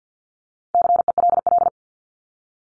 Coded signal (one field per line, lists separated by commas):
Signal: Morse code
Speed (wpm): 48 wpm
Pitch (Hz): 700 Hz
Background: none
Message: CELL